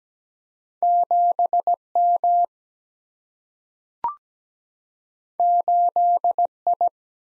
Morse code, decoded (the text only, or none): 7 M 8 I